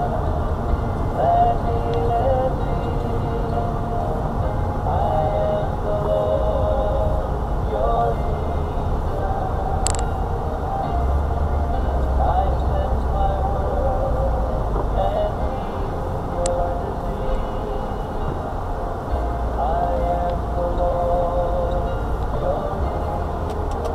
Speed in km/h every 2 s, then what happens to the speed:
24, 27, 23, 19, 18, 18, 18, 15, 10, 10, 15, 8.
3-6 slows to 19. 6-12 steady at about 18. 12-16 slows to 10. 20-24 slows to 8.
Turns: none.